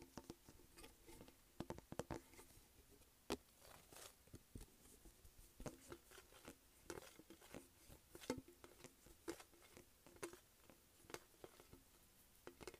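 Light tapping and scratching on a makeup palette, a dry run of small clicks and scrapes that comes in uneven bursts across the whole stretch. Sharper taps stand out near 2, 3, 6, 8 and 10 seconds over a faint, quiet background.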